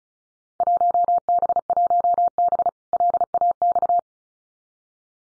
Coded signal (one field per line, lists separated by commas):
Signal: Morse code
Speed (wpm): 34 wpm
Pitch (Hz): 700 Hz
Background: none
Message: 1B1B LAX